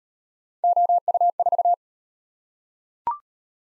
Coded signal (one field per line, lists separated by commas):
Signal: Morse code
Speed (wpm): 32 wpm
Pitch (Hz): 700 Hz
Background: none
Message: OU4